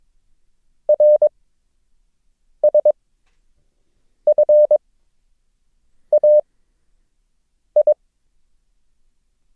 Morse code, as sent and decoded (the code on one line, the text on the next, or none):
.-. ... ..-. .- ..
RSFAI